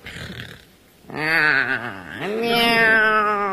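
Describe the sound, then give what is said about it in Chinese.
Two loud, drawn-out cat meows follow a short quiet moment. The first bends down in pitch and the second holds steadier and longer, both with a whiny, nasal tone and no talking. “那这猫什么态度啊？”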